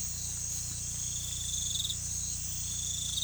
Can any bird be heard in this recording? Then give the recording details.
no. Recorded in pastures near Puerto Asís, Putumayo, Colombia, on 16 December 2024 at 00:30. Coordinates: 0.472, -76.331. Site GP02